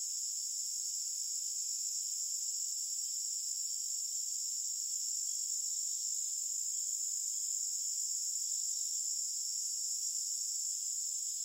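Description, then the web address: Crickets make a steady, high, shimmering trill in layered continuous bands. Forest ambience loop. "Blastwave AMBIENCE Forest Birds"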